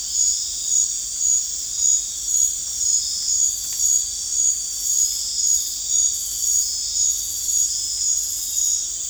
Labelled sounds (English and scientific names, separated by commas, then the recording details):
none
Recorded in dense forest near Puerto Asís, Putumayo, Colombia, on 20 December 2024 at 19:30
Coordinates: 0.467, -76.328
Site GP05